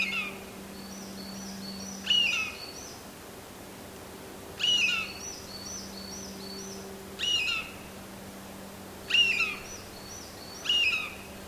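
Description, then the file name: Eurasian jay repeating a short harsh call with a whistled tone several times at uneven intervals; thin chirps of another bird behind. "kakesu"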